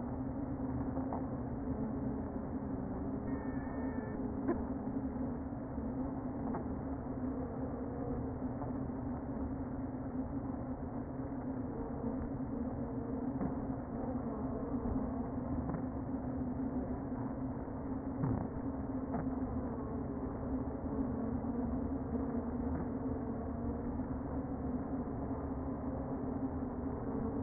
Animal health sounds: honeybee colony, microphone inside the hive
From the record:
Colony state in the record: queen present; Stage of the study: before two queens were removed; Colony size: about 60,000 bees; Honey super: yes

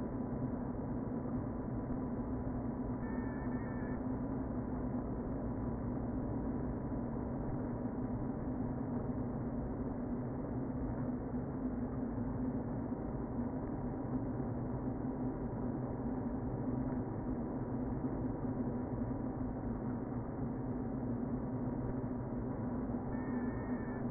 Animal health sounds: honeybee colony, microphone inside the hive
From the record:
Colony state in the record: queen present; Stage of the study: before two queens were removed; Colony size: about 60,000 bees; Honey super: yes

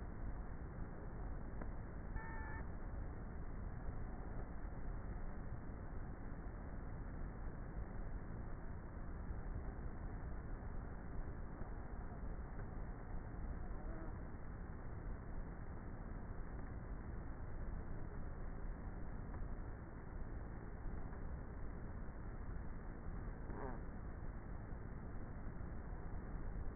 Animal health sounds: honeybee colony, microphone inside the hive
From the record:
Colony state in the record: queenless with a low population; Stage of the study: before two queens were removed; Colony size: about 30,000 bees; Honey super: no

